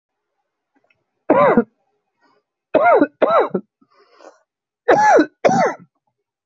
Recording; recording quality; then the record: heavy voluntary cough; excellent, no background noise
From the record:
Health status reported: healthy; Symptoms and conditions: none ticked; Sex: male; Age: 23 years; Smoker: not ticked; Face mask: not worn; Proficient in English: yes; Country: India